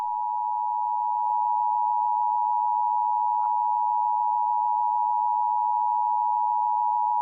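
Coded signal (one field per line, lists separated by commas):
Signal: Emergency Alert System (SAME) tones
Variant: 853 and 960 Hz attention tone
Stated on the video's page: Fictional EAS scenario made with CapCut, Audacity and text-to-speech software.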